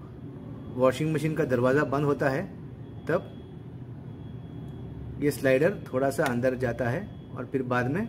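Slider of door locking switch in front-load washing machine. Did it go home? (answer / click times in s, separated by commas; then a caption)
no / none. Someone talks while handling the slider of the door-locking switch on a powered front-load washing machine; the slider is meant to press in a few millimetres until it locks. Only speech with a low steady background hum is heard. Nothing has seated or clicked yet.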